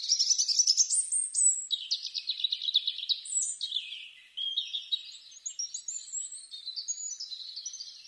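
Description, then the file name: European robin song, a rapid tumbling run of high, thin, silvery notes that rise and fall, shifting between sweet trills and sharp squeaky phrases without a break. "Erithacus rubecula"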